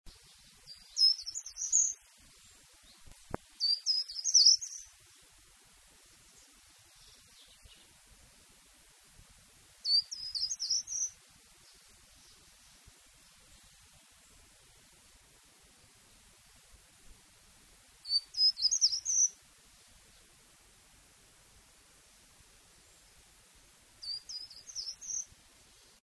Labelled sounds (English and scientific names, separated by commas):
Short-toed Treecreeper (Certhia brachydactyla) song, Common Chaffinch (Fringilla coelebs)